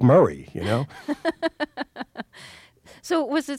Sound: laughs

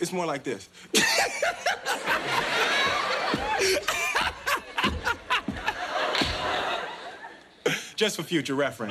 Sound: laughs

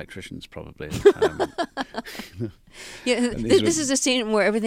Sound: soundbite of laughter

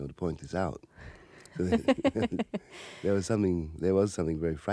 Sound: laughs

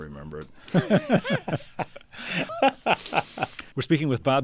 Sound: soundbite of laughter

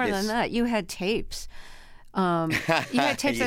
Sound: laughter

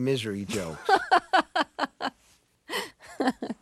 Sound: soundbite of laughter

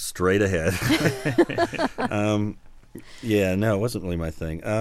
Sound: soundbite of laughter

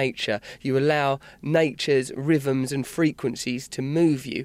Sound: none

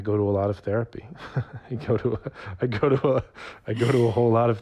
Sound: laughter

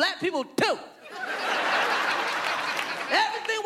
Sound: laughter

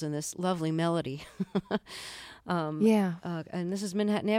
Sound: soundbite of laughter

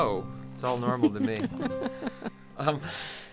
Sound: soundbite of laughter

